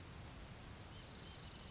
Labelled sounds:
Grasshopper Sparrow

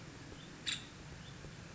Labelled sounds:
Nuttall's Woodpecker

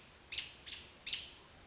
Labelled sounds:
American Robin

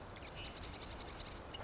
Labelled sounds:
Marsh Wren

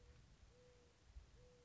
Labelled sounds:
Mourning Dove

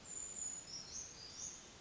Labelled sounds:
Brown Creeper

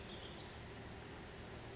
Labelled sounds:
Western Flycatcher

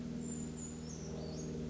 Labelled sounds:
Brown Creeper

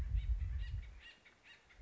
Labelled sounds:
Acorn Woodpecker

